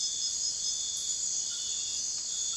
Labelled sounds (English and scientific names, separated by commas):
none